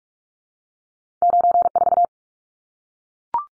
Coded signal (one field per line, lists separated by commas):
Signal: Morse code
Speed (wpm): 44 wpm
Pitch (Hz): 700 Hz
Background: none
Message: 94